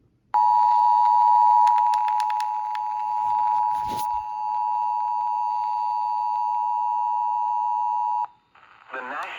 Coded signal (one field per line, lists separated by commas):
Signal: Emergency Alert System (SAME) tones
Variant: 853 and 960 Hz attention tone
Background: speech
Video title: Scholastic Storms IV (EAS Alerts from 5/16/23) EAS #61-#80